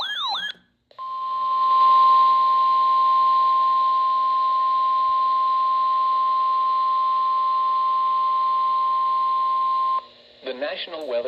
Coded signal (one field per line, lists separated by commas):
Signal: Emergency Alert System (SAME) tones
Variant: 1050 Hz attention tone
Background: speech